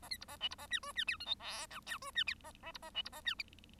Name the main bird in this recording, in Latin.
Lonchura striata domestica